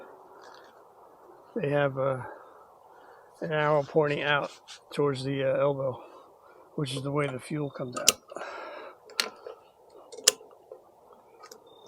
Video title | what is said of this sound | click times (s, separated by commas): Changing Fuel Filter HD 1080p | nice positive clips | 10.3 s